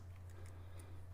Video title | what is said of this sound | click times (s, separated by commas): How To Fix Sticky Console Buttons Toyota Prius V | The switch back will snap into place. | 0.5 s, 0.8 s